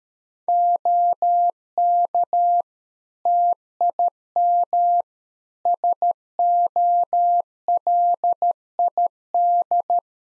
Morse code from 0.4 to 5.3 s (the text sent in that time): OK TIM